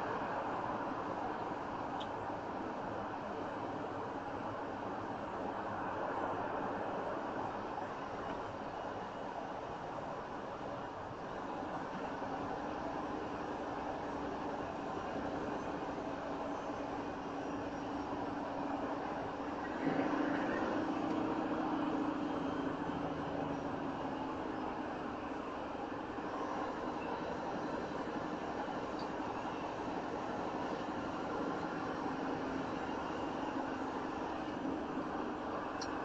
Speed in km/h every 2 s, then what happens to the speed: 68, 64, 63, 64, 63, 61, 61, 61, 61, 61, 60, 52, 47, 47, 48, 48, 50, 50.
0-24 slows to 47. 24-36 steady at about 48.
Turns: none.